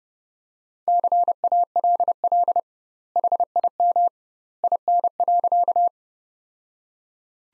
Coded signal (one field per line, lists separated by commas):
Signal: Morse code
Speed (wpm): 32 wpm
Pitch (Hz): 700 Hz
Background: none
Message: CALL HIM IN.